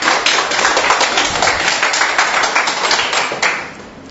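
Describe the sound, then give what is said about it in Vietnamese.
An audience at a Catholic homily claps steadily in loud, dense applause to thank God and to honour those who have Pope Saint Pius X as patron, for about three and a half seconds, the many overlapping claps forming a broad crackling wash before quickly tapering off. “Một tràng pháo tay thật lớn để tạ ơn Chúa, và cũng một tràng pháo tay nữa để chúc mừng tất cả những ai nhận thánh Pio thứ 10 giáo hoàng làm bổn mạng.”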